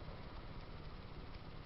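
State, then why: Not seated. While reassembling a Samsung Galaxy Note N7000 after replacing its USB charging board, a plastic retaining clip is being re-fitted and pressed home into the smartphone frame. Only a steady, dense low hum and broadband noise is heard for the whole 1.7 seconds, with no distinct click. Nothing has seated or clicked yet.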